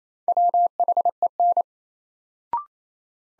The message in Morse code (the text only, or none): WHEN